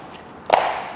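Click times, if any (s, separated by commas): 0.5 s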